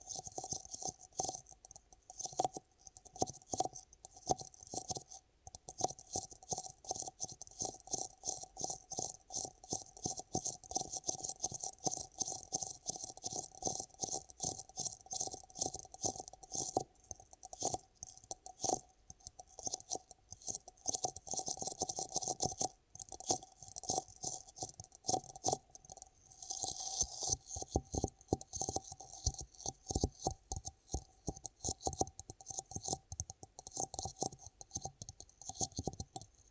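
Ear cupping ASMR: dense, rapid crackling and rustling clicks throughout, with muffled thumps and brief pauses, brightening around twenty-six seconds.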